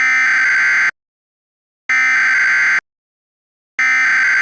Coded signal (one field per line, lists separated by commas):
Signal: Emergency Alert System (SAME) tones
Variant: header bursts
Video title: EAS Scenario 9: Too Late.EXE